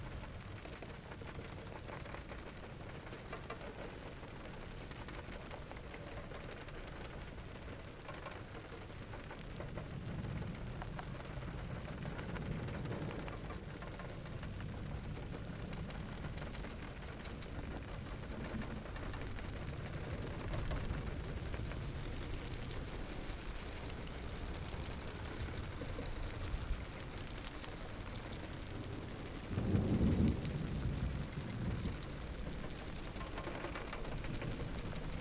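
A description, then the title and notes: A summer thunderstorm: steady rain hiss fills the whole clip, with low rolling rumbles swelling between about 10 and 23 seconds. Near 30 seconds a short, louder thud of thunder stands out before the rain settles back to its even patter. Geophony: Summer Thunderstorm - Carroqueiro, Idanha-a-Nova, Portugal. Soundscapes by Filipe Faria, coming from Idanha-a-Nova.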